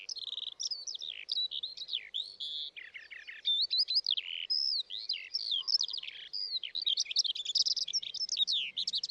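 Eurasian skylark song: a continuous, fast flow of varied high chirps, slurs and short trills with no breaks, bright and tumbling throughout.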